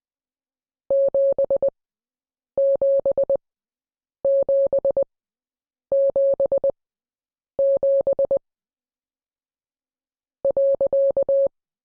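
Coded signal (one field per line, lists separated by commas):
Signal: Morse code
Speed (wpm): 20 wpm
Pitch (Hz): 550 Hz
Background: none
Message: 77777 .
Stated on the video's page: Morse code class lesson.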